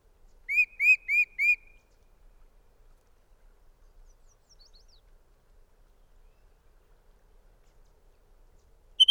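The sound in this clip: Bird song: four rising, slurred whistles in quick succession, a long quiet gap with faint soft notes, then the start of a high trill at the end.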